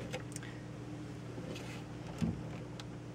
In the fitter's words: Locked into place.